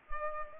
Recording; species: mosquito wingbeat signal from an infrared sensor; Culex pipiens